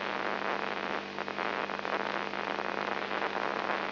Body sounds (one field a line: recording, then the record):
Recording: brain microelectrode recording played as sound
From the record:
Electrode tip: inside the subthalamic nucleus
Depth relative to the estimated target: -1 mm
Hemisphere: left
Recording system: AlphaMap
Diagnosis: Parkinson's disease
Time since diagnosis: 14 years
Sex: male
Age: 59 years